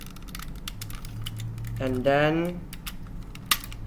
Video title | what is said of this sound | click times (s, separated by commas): Tobot W toy review (by Youngtoys) | it clicks into place | 3.5 s